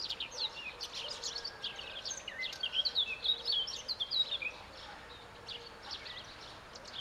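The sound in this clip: Eurasian blackcap song: a clear burst of quick, fluty warbling notes near the middle, over a noisy background.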